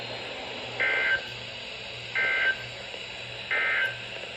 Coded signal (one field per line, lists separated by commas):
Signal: Emergency Alert System (SAME) tones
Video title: August's Early Arrival Alerts - Alerts from 8/2/24 - 8/4/24 (EAS #1175 - 1204)